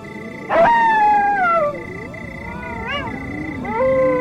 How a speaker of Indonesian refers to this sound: Hingga kuda itu membawa Tio turun di sebuah hutan. Terdengar lolongan anjing hutan dan serigala bersahut-sahutan.